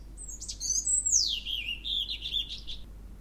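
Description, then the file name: European robin song, a thin high whistle sliding down into a fast jingling trill that wavers and fades, with a low steady hum underneath. "Erithacus rubecula"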